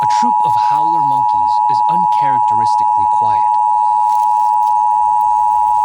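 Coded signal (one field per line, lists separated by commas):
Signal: Emergency Alert System (SAME) tones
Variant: 853 and 960 Hz attention tone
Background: speech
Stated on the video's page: Statewide Required Monthly Test for West Virginia originated by WVPBS, aired on television station WNPB-TV.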